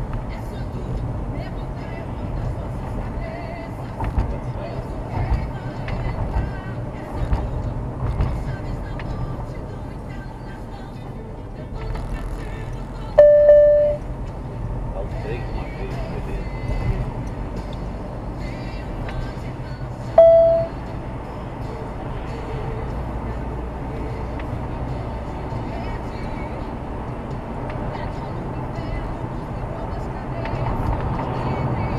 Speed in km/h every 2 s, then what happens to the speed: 59, 58, 59, 56, 48, 50, 53, 56, 60, 64, 67, 71, 74, 76, 80, 85.
0-5 steady at about 59. 5-7 brakes to 48. 9-32 speeds up to 85.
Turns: none.